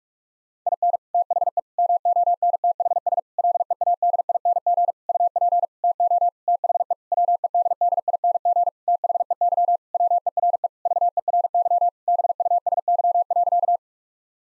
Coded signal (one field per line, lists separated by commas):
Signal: Morse code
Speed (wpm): 46 wpm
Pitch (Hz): 700 Hz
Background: none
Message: IN THE MONTHS LEADING UP TO THE WEDDING THEY WERE VERY BUSY.